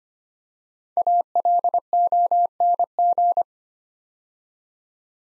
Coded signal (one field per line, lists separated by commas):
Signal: Morse code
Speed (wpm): 25 wpm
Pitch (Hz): 700 Hz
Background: none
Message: ALONG